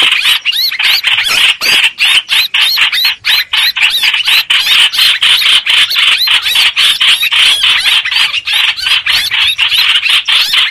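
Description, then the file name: Streak-eared bulbul distress calling, a steady fast run of shrill, squealing notes repeated in a tight rhythm. Distress call used to call the flock together. "Tieng chim trao trao keu cuu goi bay"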